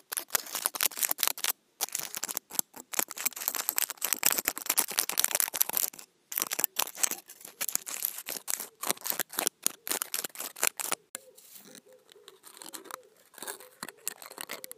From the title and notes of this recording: Various ASMR triggers with foil. Rubbing scrunched-up foil in my hands.